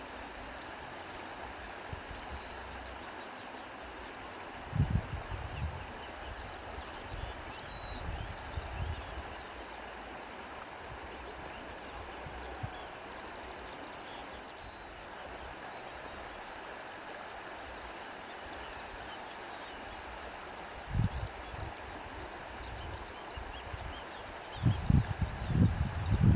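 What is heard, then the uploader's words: Water flows steadily in a soft, even wash that fills the whole clip, with faint bird chirps scattered high above it. Low thumps and rumbles break in around five seconds, near twenty-one seconds, and again in the last two seconds, likely wind or handling bumps. Nature Sounds.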